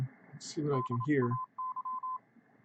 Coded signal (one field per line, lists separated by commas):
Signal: Morse code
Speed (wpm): 27 wpm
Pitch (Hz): 1030 Hz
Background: speech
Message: DAY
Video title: Scanning The Bands - SDRplay RSP1A running SDRuno - January 20 2018 Live Stream